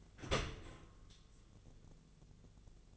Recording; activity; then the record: daily activity, microphone in the room; open dishwasher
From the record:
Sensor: 4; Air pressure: 1001.2 hPa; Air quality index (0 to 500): 184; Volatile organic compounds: 2 ppm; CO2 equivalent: 1313 ppm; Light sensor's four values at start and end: 13/30/12/13 and 13/29/12/12